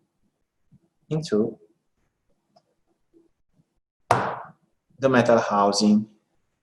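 A plastic retentive cap is handled with an insertion tip at the metal housing of an overdenture attachment as someone talks. The cap has not seated or clicked into the housing yet.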